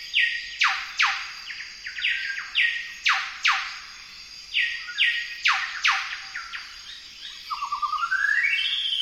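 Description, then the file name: Golden whistler song: strong whip-like downslurred notes followed by short level whistles, repeated in quick phrases, ending in a rapid rising series of notes. "Golden whistler bird singing"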